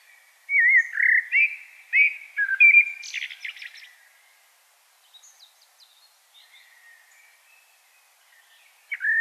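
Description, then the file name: Common blackbird singing a fluted, looping warble that breaks into a scratchy high twitter. Faint calls follow, then a new phrase starts right at the end. "Turdus merula"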